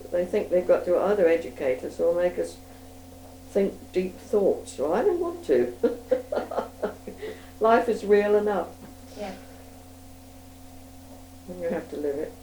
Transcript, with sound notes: They think they've got to either educate us or make us think deep thoughts. Well I don't want to! [laughs] Life is real enough--
Yeah.
When you have to live it.